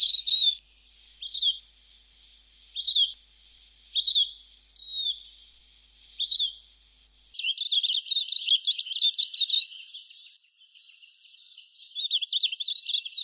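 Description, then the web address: Silvereye calls: a series of high, slurred chirps with gaps between them, then a fast stretch of busy twittering warbling. In a Canberra garden. "canberra-garden-birds silvereye"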